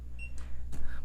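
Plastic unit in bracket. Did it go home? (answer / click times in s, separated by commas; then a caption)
no / none. A Garmin Echomap fishfinder display unit is pushed into its quick-release mounting cradle but stops short, with a short soft knock near 0.4 s and a brief rustling bump around 0.75 s over a steady low hum. The unit has not clicked in tight and is not fully seated, even though it would still power on.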